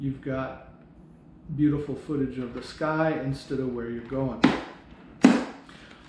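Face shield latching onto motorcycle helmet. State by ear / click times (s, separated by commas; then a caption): seated / 5.2 s. Someone talks, then a motorcycle helmet's face shield is closed and locks into its latch with a sharp click at 5.2 s. The visor is seated solid and tight.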